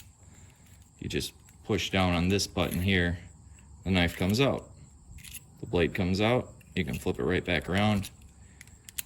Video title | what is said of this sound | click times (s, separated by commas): how to replace a razor knife blade in a utility knife | Easy, hear it catch, done. | 8.9 s, 9.0 s